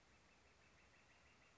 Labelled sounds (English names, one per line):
Northern Flicker